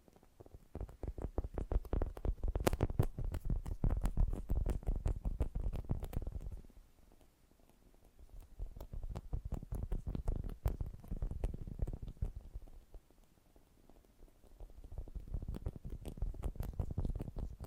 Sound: Fast & Gentle Tapping